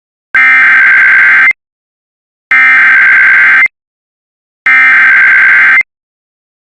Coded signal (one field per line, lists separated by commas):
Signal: Emergency Alert System (SAME) tones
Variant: header bursts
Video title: IPAWSCAP EAS Fire Warning and Local Area Emergency for wildfires in Colorado (06/30/26)